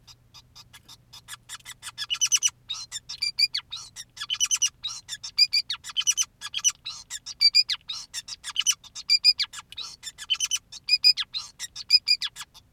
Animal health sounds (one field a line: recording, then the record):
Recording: song of a male Bengalese finch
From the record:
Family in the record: son of father 2, and himself father 5